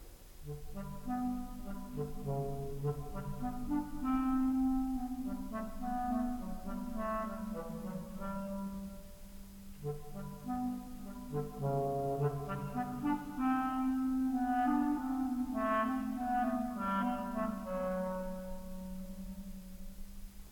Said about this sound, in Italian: Il gatto lo fa il clarinetto.